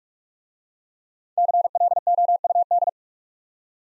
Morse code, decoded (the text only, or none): CLOUD